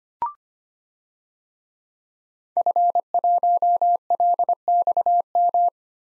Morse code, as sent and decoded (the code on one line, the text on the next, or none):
..-. .---- .-.. -..- --
F1LXM